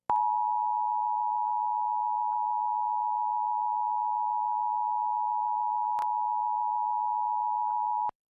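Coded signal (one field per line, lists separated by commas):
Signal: Emergency Alert System (SAME) tones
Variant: 853 and 960 Hz attention tone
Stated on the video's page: Required Monthly Test EAS tones.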